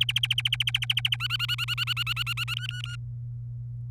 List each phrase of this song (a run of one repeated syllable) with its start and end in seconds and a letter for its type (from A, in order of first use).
0.01-1.16 A, 1.20-2.54 B, 2.57-2.96 C